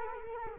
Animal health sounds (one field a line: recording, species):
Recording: mosquito wingbeat signal from an infrared sensor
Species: Culex quinquefasciatus